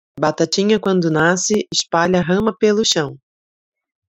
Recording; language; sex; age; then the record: short text; Brazilian Portuguese; female; 40 to 49 years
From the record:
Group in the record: control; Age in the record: 41 years